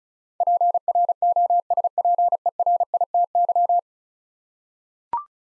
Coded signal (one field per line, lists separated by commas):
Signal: Morse code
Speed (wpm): 36 wpm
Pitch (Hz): 700 Hz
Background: none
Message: PROSPERITY